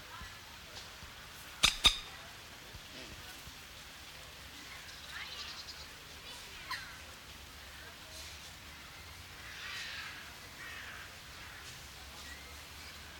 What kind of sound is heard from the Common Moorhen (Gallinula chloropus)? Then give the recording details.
call. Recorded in captivity. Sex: female. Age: diverse. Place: Zoo Berlin, Berlin, DE. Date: 1993-08-28 11:35. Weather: 12-15°C, heiter. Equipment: Marantz CP 430, Sennheiser MKH 416 T, Kopie Uher Variocord 263. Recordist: Tembrock, Günter